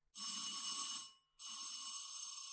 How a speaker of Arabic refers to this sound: تسمح تدق الجرس اللي جنبك؟